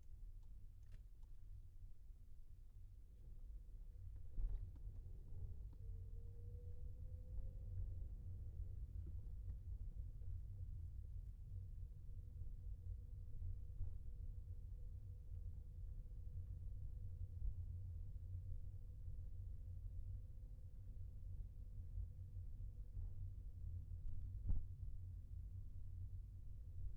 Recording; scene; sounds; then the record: everyday scene through a hearing-aid microphone; in a vehicle; engine, rumble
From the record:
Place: Skoda Fabia, gasoline engine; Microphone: behind the ear, left, front